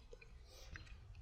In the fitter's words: and it does a little click.